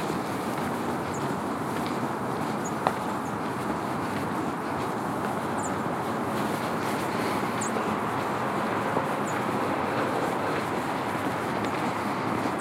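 A steady outdoor wash of sound along a snowy shoreline trail, dense and even with a low rumble like passing traffic underneath. Faint, brief high chirps from birds appear every second or two, and a single short click lands near the three-second mark.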